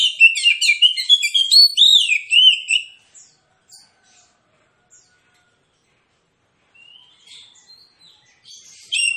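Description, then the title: Oriental magpie-robin song: a loud, rapid burst of varied whistles and chattering notes for three seconds, then near silence with faint soft notes before the song resumes. Kacer with aggressive fighting song full of 'tembakan' bursts; titled as therapy for reluctant singers. "Kacer Langsung Tarung Konslet KACER NGOTOT FULL TEMBAKAN. Kicau Kacer santaiterapi Kacer males bunyi"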